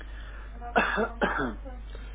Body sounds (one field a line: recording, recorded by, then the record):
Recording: voluntary cough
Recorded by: telephone call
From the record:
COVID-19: positive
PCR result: checked with the laboratory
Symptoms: yes